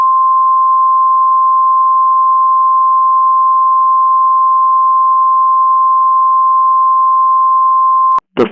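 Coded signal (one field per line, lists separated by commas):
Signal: Emergency Alert System (SAME) tones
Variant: 853 and 960 Hz attention tone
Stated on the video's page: Mock EAS scenario with valid EAS tones, not a real alert.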